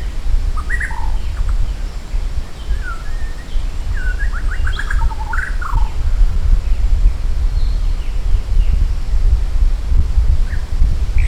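Maratua shama singing scattered whistled phrases, some rising and some falling, with a brief cluster of quick notes midway, against constant low background rumble.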